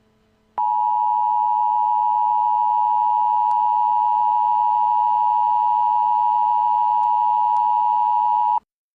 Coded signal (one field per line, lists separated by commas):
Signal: Emergency Alert System (SAME) tones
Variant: 853 and 960 Hz attention tone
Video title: Goddess Of Victory: Nikke EAS Scenario (Fixed) [KOR Subtitle]